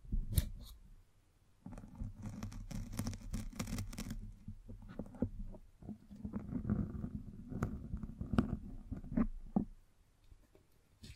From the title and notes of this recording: BRAIN TINGLES ASMR Mic Brushing and Scratching (No Talking).